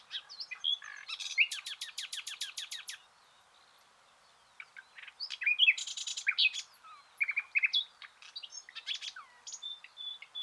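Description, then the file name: Common nightingale delivering quick runs of repeated notes, very high thin whistles and a loud buzzy burst among varied phrases. "Luscinia megarhynchos"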